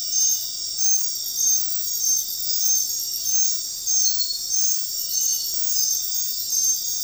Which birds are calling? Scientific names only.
none